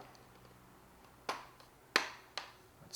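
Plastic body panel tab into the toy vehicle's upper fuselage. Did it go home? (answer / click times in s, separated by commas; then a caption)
yes / 2.0 s. A plastic body panel tab on a vintage 1979 Kenner Star Wars Imperial Troop Transporter toy is pressed into its slot in the upper fuselage. A sharp, bright snap at 1.9 s marks the tab seating, with other crisp clicks at about 1.3 s and 2.4 s over a quiet background. The first tab is snapped in and seated.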